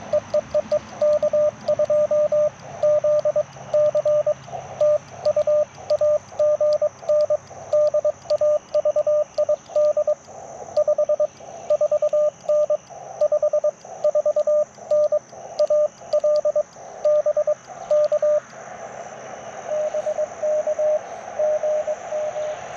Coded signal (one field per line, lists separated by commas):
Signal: Morse code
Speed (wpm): 22 wpm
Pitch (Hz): 590 Hz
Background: radio noise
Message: EEEE K2ZC TU AGN DAVID 54N 54N AL BK BK GM